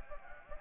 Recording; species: mosquito wingbeat signal from an infrared sensor; Anopheles gambiae